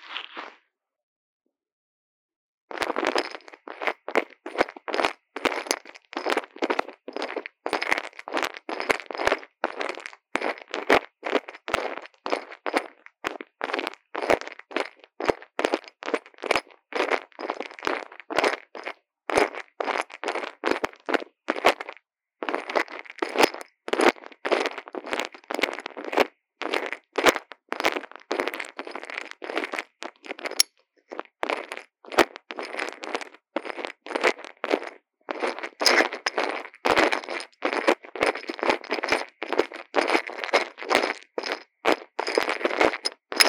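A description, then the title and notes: Tingle sounds on a tiny microphone: a brief rustle, a moment of silence, then from about three seconds on a dense, rapid stream of crisp crackling, scratching and tapping. The sounds are bright and thin, with short pauses scattered throughout. ASMR 刺痛觸發迷你麥克風 | Tingles With Mini Mic | Lo-fi | No Talking.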